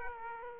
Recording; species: mosquito wingbeat signal from an infrared sensor; Aedes aegypti